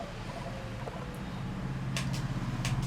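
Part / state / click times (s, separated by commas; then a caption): front door panel into an air-conditioner indoor unit / seated / 2.0 s, 2.6 s. The hinged plastic front door of an LG Dual inverter air conditioner's indoor unit sits in its two bottom tracks, and its top edge is pressed so it locks into place. Over a steady low hum, two short, sharp clicks snap at 2.0 s and 2.6 s as the door seats in its top lock. No one speaks.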